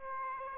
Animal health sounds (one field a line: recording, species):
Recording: mosquito wingbeat signal from an infrared sensor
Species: Aedes aegypti